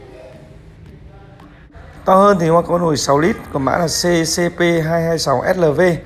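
The lid of a 4-litre Lock&Lock pressure cooker is placed on the pot body and turned clockwise until it locks, giving a single short click at 1.4 s. After a quieter stretch, someone talks loudly from about 2.1 s to the end.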